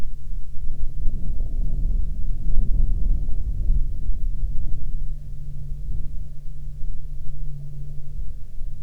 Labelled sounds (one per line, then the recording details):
wind
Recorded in the Arctic National Wildlife Refuge, Alaska, on 6 August 2019 at 19:06
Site 49